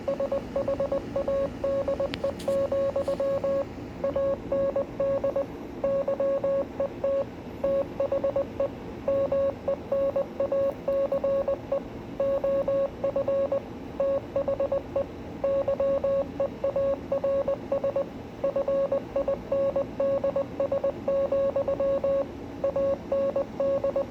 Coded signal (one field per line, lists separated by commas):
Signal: Morse code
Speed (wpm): 20 wpm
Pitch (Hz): 550 Hz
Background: radio noise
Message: SHADE, AND YET THE MENACE OF THE YEARS FINDS, AND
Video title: Invictus in morse code